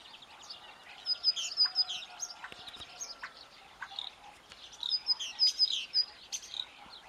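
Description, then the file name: Great tit calls: two bursts of clipped, high repeated notes, one near the start and one near the end, with other birds twittering in the background. "Parus major"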